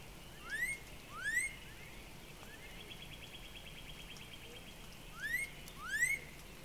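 Northern Cardinal whistled song, two rising slurred notes repeated in two bursts, with a soft high trill in the gap and low background noise.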